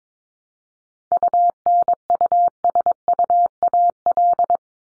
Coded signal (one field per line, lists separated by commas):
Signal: Morse code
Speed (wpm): 22 wpm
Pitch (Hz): 700 Hz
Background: none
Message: UNUSUAL